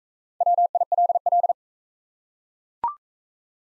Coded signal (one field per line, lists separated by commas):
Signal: Morse code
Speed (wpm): 38 wpm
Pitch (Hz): 700 Hz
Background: none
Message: WILL